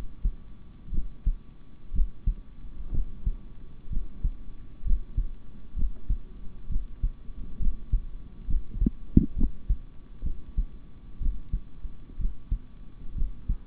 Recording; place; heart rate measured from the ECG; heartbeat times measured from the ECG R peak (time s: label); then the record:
heart sounds by stethoscope; between the tricuspid and mitral areas; 64 bpm
0.91 s: heartbeat
1.92 s: heartbeat
2.91 s: heartbeat
3.89 s: heartbeat
4.84 s: heartbeat
5.75 s: heartbeat
6.68 s: heartbeat
7.59 s: heartbeat
8.46 s: heartbeat
9.35 s: heartbeat
10.23 s: heartbeat
11.19 s: heartbeat
12.18 s: heartbeat
13.15 s: heartbeat
From the record:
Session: rest, sitting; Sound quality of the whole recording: good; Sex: male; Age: 26 years